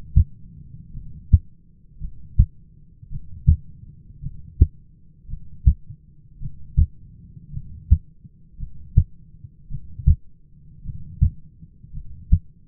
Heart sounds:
heart sounds by stethoscope; 55 bpm
0.93 s: heartbeat
1.99 s: heartbeat
3.10 s: heartbeat
4.21 s: heartbeat
5.28 s: heartbeat
6.40 s: heartbeat
7.52 s: heartbeat
8.58 s: heartbeat
9.69 s: heartbeat
10.84 s: heartbeat
11.92 s: heartbeat
From the record:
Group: heart failure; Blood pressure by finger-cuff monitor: 107/62 mmHg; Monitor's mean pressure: 76 mmHg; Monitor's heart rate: 54 bpm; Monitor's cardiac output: 6.1 L/min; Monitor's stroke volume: 111 mL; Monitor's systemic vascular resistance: 900 dyn s/cm5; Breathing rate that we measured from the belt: 17 breaths a minute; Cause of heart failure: dilated cardiomyopathy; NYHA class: 2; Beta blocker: bisoprolol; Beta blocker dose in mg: 10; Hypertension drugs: sacubitril-valsartan, spironolactone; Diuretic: furosemide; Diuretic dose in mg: 40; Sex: male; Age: 29 years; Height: 174 cm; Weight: 92 kg

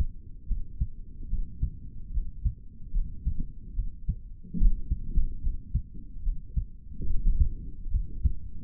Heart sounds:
heart sounds by stethoscope; 73 bpm
0.46 s: heartbeat
1.28 s: heartbeat
2.12 s: heartbeat
2.92 s: heartbeat
3.74 s: heartbeat
4.57 s: heartbeat
5.41 s: heartbeat
6.23 s: heartbeat
7.05 s: heartbeat
7.90 s: heartbeat
From the record:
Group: healthy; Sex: male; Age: 55 years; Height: 167 cm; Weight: 57.2 kg

